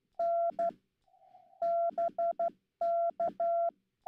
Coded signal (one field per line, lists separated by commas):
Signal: Morse code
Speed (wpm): 12 wpm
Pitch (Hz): 680 Hz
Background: none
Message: N BK